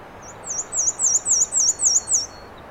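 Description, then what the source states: Black-and-white warbler song of roughly seven high, sibilant two-syllable notes repeated at a steady pace, thin and squeaky, with light background noise. 13 June 2017 at 9:54 am on the Alder Trail, Schoodic Division, Acadia National Park; Fostex FR2 recorder with Sennheiser ME 66 microphone; edited, level-adjusted, trimmed and high-pass filtered.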